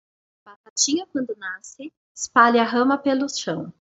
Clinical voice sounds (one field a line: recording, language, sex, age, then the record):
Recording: short text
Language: Brazilian Portuguese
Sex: female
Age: 30 to 39 years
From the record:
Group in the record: control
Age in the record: 34 years